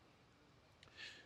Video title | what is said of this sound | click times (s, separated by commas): Giraffe Tools 78FT Hose Reel Review - Giraffe Tools 90FT Hose Reel- Best Budget Garden Hose? | You can see it locks into place nicely. | 0.8 s